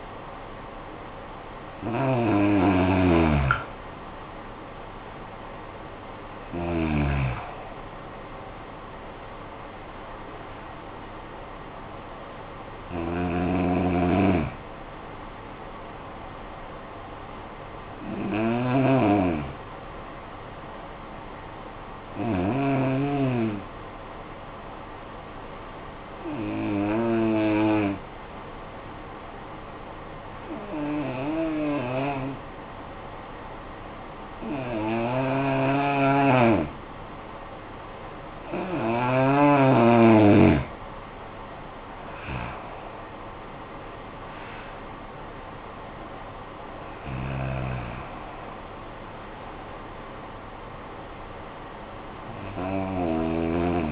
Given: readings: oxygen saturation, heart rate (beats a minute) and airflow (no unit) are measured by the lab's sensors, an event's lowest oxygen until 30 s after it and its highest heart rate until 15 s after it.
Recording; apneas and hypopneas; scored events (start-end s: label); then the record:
breathing in sleep by a voice recorder at the bedside; 1
20.00-39.20 s: hypopnea (N2, oxygen 95% highest, then 83% lowest, heart rate 51 at the start, 66 highest)
From the record:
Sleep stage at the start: N2 (light sleep); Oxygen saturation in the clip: 83 to 95%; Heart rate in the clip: 49 to 66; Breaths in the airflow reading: 11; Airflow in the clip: -18.4 to 13.0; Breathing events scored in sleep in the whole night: 445 in 7.6 hours asleep